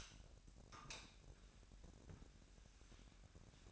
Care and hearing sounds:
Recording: daily activity, microphone in the room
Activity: light off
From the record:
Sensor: 2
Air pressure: 1011.8 hPa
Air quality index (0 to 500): 216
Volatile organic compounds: 3 ppm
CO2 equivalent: 1523 ppm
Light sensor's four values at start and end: 16/44/18/18 and 11/26/11/12

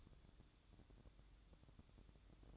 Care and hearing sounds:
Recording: daily activity, microphone in the room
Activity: light on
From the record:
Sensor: 3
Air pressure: 1007.9 hPa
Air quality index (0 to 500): 106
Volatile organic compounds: 1 ppm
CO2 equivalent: 885 ppm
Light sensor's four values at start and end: 9/22/9/9 and 15/39/16/15

